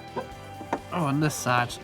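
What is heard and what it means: A plastic filter access cover for the drain coin filter on a Hotpoint Aqualtis washing machine is pushed up against the washer's front panel, and one side snaps into place with a short, sharp click at 0.7 s. Someone talks before and after the click. The cover's side is seated.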